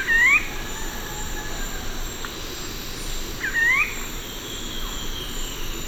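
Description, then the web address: Ruddy foliage-gleaner calling, two sharp upslurred notes about three seconds apart, over a steady high background drone. Recorded in Ecuador. "Birds of Ecuador 2. Ruddy Foliage-Gleaner"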